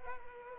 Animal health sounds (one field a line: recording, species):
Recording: mosquito wingbeat signal from an infrared sensor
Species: Culex pipiens